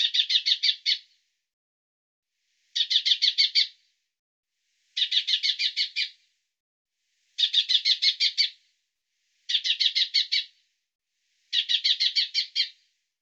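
Bird giving six bursts of fast, high rattling notes, each run of six to eight notes repeated roughly every two seconds, with silence between.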